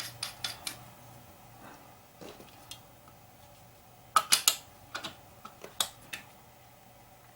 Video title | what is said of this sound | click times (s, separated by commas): Thompson Center "Dimension" Rifle | and then you just tighten now the great thing is you hear that click | 4.2 s